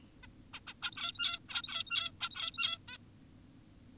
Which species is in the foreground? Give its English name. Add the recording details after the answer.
Zebra Finch. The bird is an adult. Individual g17y2U